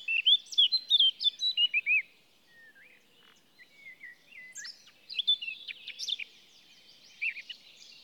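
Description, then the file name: Eurasian blackcap with a loud opening run of fluty looping notes, a brief lull, then softer chattering warble. "Sylvia atricapilla"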